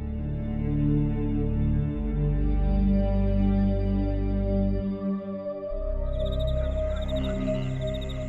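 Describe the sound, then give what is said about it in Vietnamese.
Crickets chirp at night in rapid, high, pulsing trills that join partway through, layered over a steady, loud, low droning hum with a rich harmonic tone. No voices. “Tiếng cốc kêu, tiếng dế gái vang cả một góc giường.”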